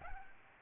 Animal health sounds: mosquito wingbeat signal from an infrared sensor; Aedes albopictus

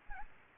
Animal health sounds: mosquito wingbeat signal from an infrared sensor; Aedes albopictus

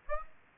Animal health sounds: mosquito wingbeat signal from an infrared sensor; Aedes aegypti

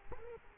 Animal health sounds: mosquito wingbeat signal from an infrared sensor; Culex quinquefasciatus

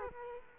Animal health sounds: mosquito wingbeat signal from an infrared sensor; Culex quinquefasciatus

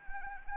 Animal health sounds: mosquito wingbeat signal from an infrared sensor; Anopheles arabiensis

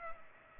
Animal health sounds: mosquito wingbeat signal from an infrared sensor; Culex pipiens

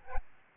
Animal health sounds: mosquito wingbeat signal from an infrared sensor; Aedes albopictus

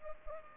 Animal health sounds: mosquito wingbeat signal from an infrared sensor; Culex pipiens

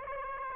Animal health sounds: mosquito wingbeat signal from an infrared sensor; Aedes aegypti

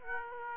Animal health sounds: mosquito wingbeat signal from an infrared sensor; Aedes aegypti

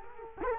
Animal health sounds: mosquito wingbeat signal from an infrared sensor; Culex quinquefasciatus

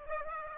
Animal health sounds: mosquito wingbeat signal from an infrared sensor; Aedes aegypti

